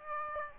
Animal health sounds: mosquito wingbeat signal from an infrared sensor; Aedes aegypti

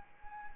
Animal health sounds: mosquito wingbeat signal from an infrared sensor; Anopheles arabiensis

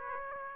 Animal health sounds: mosquito wingbeat signal from an infrared sensor; Aedes aegypti

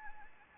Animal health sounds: mosquito wingbeat signal from an infrared sensor; Anopheles gambiae

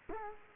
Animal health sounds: mosquito wingbeat signal from an infrared sensor; Culex quinquefasciatus

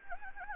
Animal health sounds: mosquito wingbeat signal from an infrared sensor; Anopheles gambiae

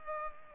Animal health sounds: mosquito wingbeat signal from an infrared sensor; Culex pipiens

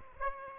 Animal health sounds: mosquito wingbeat signal from an infrared sensor; Aedes aegypti

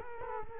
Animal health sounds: mosquito wingbeat signal from an infrared sensor; Culex quinquefasciatus

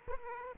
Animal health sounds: mosquito wingbeat signal from an infrared sensor; Aedes aegypti

